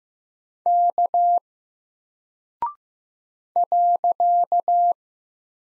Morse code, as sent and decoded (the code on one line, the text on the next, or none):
-.- / .-.-.-
K .